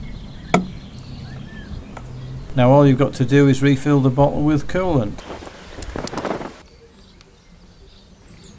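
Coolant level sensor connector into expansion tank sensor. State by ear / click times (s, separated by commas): seated / 0.5 s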